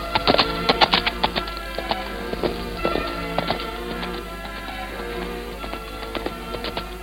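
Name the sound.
horse hooves galloping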